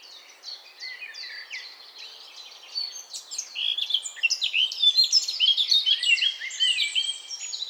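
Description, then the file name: Eurasian blackcap giving a fast, jumbled warble of chirps and clear whistles that builds in the second half. "Sylvia atricapilla"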